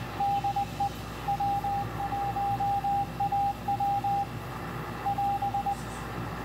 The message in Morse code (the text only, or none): DE W1AW <AS>